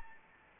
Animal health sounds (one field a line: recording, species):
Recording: mosquito wingbeat signal from an infrared sensor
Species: Anopheles gambiae